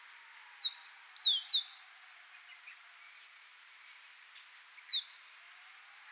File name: Yemen Serin